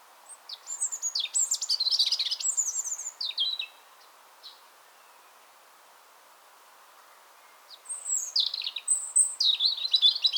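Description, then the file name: European robin song in two bursts of sweet, high, tumbling notes and trills, separated by a few seconds of quiet. "Erithacus rubecula"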